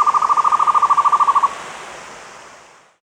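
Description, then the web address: Buff-fronted Owl giving a rapid trill of soft hooted notes for about a second and a half, which then stops, leaving a fading hiss. Andean bird of South America, recorded in the Andes. "Natures Songs S America Andean Birds. Buff-Fronted Owl (Aegolius Harrisii)"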